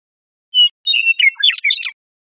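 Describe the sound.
Western meadowlark song: a clear whistled opening note, then a quick jumble of gurgling, flute-like notes lasting about one and a half seconds, with silence around it.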